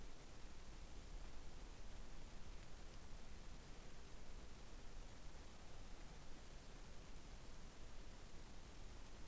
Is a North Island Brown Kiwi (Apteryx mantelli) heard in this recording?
no